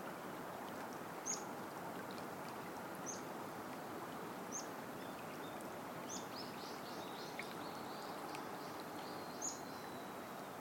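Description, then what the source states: Bird singing sharp high chirps, then a quick run of bright repeated notes midway, over steady background noise. Birdsong by the waterside along the slowly flowing Tama River in the morning, as clouds turn the colour of the morning sun.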